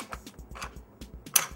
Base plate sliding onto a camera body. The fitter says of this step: you'll hear click take the acromat lens and